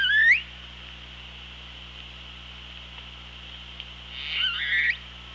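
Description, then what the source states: Killer whale calls: a sharply rising harmonic cry opens, then quiet hiss, then a second rising call about four seconds later. Recorded on the OrcaLab hydrophone, 24 August 2017 at 07:44:09.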